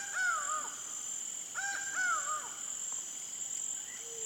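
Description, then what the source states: Laughing falcon giving a few nasal, wavering notes, then falling quiet, over a constant high-pitched insect drone. Pantanal, Brazil.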